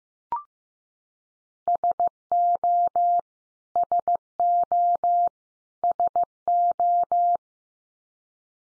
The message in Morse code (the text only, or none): SO SO SO